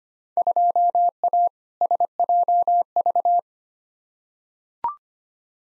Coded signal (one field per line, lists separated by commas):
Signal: Morse code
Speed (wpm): 25 wpm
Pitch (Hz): 700 Hz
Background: none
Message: 2A SJV